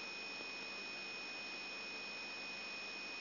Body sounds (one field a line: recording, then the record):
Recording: brain microelectrode recording played as sound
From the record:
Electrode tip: outside the subthalamic nucleus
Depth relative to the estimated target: -3 mm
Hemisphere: right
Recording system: AlphaMap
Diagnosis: Parkinson's disease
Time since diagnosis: 14 years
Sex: male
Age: 66 years